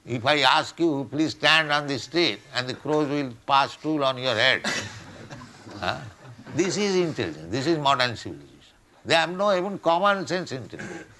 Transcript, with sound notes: If I ask you, "Please stand on the street and the crows will pass stool on your head..." [laughter] This is intelligence. This is modern civilization. They have no even commonsense intelligence.